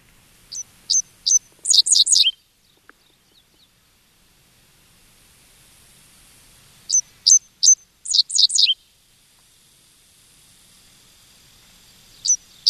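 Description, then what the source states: Dickcissel song: a few sharp high notes followed by a buzzy, chattering burst, repeated twice with a long pause, plus a brief final note. Song said to sound like its own name, 'dick sissel'; a chip note is also noted.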